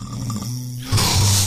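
Low, droning buzz from a sleeping adult's throat, then a louder rasping intake of breath at the end: a snore.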